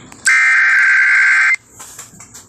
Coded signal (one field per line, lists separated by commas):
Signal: Emergency Alert System (SAME) tones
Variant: header bursts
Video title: EAS #82 Severe Thunderstorm Warning on KALT-FM